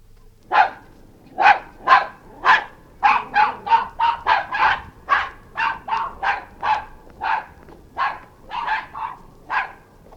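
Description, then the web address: Maltese terriers barking, many sharp high yappy barks coming in irregular bursts, with short gaps between runs. Two Maltese terriers barking in the distance. "Sound Effects-BBC Maltes"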